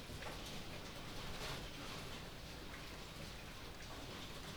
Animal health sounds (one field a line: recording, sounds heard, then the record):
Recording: poultry house recording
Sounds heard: healthy chickens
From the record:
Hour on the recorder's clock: 21